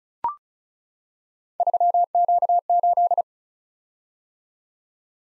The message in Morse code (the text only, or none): 3Q8